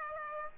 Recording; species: mosquito wingbeat signal from an infrared sensor; Aedes aegypti